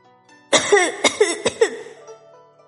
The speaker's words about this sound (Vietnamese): Người kia nằm rạp trên đất ho.